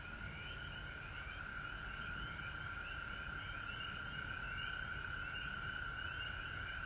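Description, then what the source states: Many frogs calling together, a steady trill beneath fast, repeated rising chirps, with low rumble in the background. Recorded at home in Georgia on March 19, 2020.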